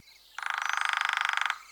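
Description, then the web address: Woodpecker: one rapid, even rattling burst of pulses lasting just over a second, then quiet. "wild woodpecker"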